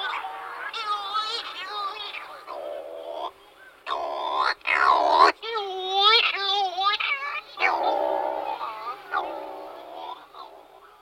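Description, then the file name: Scopoli's shearwater calls, a run of nasal, wavering wails and yelps, with brief pauses between bursts. "berta maggiore"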